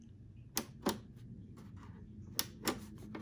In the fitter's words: there you go and so clicking that on releases it